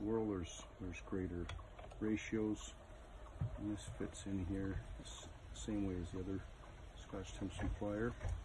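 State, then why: Not seated. A Scotch tension flyer with a smaller fifth whirl is handled and fitted into the mother-of-all holder on a wooden Louët S10 Concept spinning wheel while someone talks. Soft handling noises sit under the speech, and the clip ends before the flyer goes home, so nothing has seated or clicked yet.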